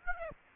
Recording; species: mosquito wingbeat signal from an infrared sensor; Aedes aegypti